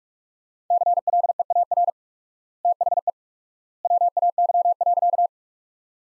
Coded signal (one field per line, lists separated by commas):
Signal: Morse code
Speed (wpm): 47 wpm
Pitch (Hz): 700 Hz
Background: none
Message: CLEAR THE WAY.